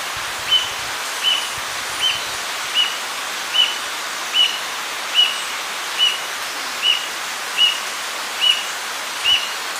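Bird calls, brief high chips repeated about every 0.8 seconds at a steady pace, with constant background hiss.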